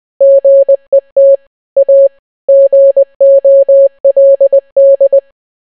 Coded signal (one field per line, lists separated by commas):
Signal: Morse code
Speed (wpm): 20 wpm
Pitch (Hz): 550 Hz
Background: none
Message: GET A GOLD